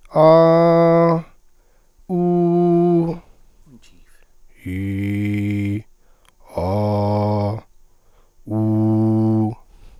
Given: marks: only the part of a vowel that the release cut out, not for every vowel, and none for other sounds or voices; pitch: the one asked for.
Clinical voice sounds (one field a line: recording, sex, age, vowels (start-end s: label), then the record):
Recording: sustained vowels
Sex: male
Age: 30 to 39 years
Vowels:
0.37-1.09 s: vowel /a/, high pitch
2.13-2.99 s: vowel /u/, high pitch
4.72-5.72 s: vowel /i/, low pitch
6.63-7.50 s: vowel /a/, low pitch
8.55-9.42 s: vowel /u/, low pitch
From the record:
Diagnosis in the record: healthy voice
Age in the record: 30 years